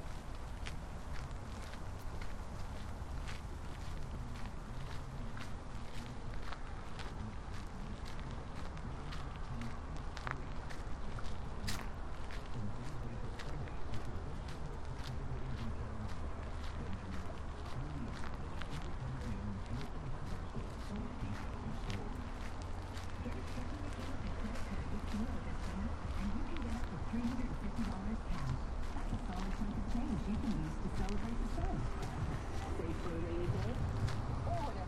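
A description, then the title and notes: A walk through Marpole, with a steady low rumble of traffic underneath and murmuring voices coming and going. Footsteps tap at a regular pace throughout, alongside frequent sharp clicks and scrapes, and the overall loudness holds fairly even for the whole stretch. Soundwalk: A walk through Marpole. The southern tip of Marpole is a gateway into the lower mainland and intersects important nodes of transportation by land, air and water.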